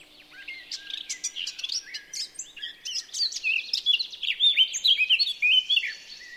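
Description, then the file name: Eurasian blackcap song: a scratchy, chattering start builds into a loud, fast warble of varied slurred whistles and sweet fluty notes. "Sylvia atricapilla"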